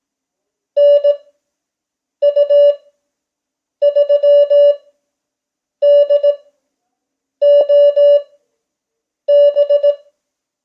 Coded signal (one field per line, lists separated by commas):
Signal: Morse code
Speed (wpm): 18 wpm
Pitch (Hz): 580 Hz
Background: none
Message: NU3DOB